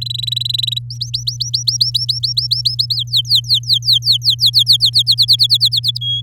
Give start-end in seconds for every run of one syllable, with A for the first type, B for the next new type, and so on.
0.01-0.79 A, 0.90-2.75 B, 2.79-2.95 C, 2.96-4.90 D, 4.93-5.98 E, 6.01-6.21 F